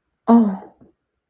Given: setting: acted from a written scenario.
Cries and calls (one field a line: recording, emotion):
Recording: vocal sound without words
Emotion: realization